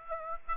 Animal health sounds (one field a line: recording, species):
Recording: mosquito wingbeat signal from an infrared sensor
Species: Aedes aegypti